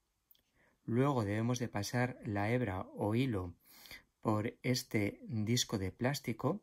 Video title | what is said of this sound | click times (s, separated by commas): Superba S47 - Singer MemoII/600. Punto Liso, Lazadas, Trabas y Jacquard Simple. | You have to make a small click, then | 0.3 s